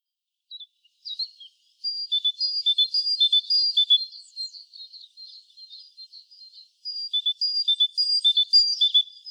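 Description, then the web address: Great tit uttering fast, sharp alternating high notes in two loud runs, with a quieter stretch of softer twittering between them. "SETE Parus major"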